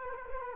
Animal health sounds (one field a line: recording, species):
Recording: mosquito wingbeat signal from an infrared sensor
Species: Culex quinquefasciatus